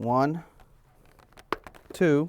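Someone talks as the second of three snap clips on a cheek pad is pressed into the left side of a motorcycle helmet shell, with the chin strap passed through the pad. A sharp click at 1.5 s shows the clip has snapped in and seated.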